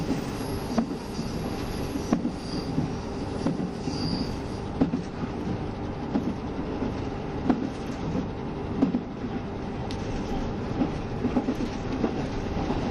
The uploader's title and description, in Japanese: キハ72系 ゆふいんの森06号01 由布院～うきは。走行音